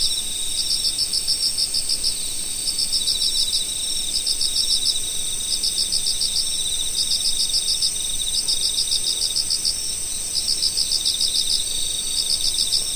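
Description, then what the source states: Insects calling in a dense chorus, high continuous buzz overlaid by regular bursts of rapid pulsed chirps recurring every second or two. Autumn insects.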